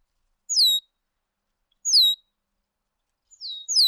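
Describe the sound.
Bird song: high downslurred whistles, each starting sharply and falling away, repeated a few times.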